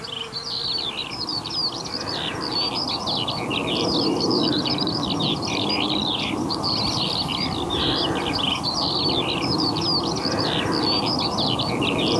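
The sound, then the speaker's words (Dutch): A Eurasian skylark sings over the Ginkelse heide heath near Ede, a continuous, high, fluttering stream of rapid trills and chirps that never pauses, with a soft low rumble of wind underneath. “De veldleeuwerik van Everdien van der Bijl boven de Ginkelse hei bij Ede.”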